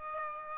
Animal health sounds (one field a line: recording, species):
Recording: mosquito wingbeat signal from an infrared sensor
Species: Aedes aegypti